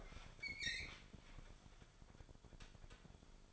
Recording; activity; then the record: daily activity, microphone in the room; open fridge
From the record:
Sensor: 5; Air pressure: 1007.9 hPa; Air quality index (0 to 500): 93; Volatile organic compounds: 1 ppm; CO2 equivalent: 731 ppm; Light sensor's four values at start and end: 45/103/43/46 and 46/106/45/48